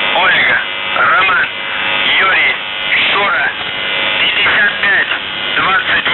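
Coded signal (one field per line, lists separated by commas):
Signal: numbers station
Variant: UVB-76 (The Buzzer)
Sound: harsh continuous buzz with a male voice speaking over it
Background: radio static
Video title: The Buzzer/UVB-76(4625Khz) May 22nd, 2023 Voice messages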